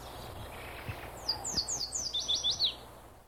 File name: Yellow Warbler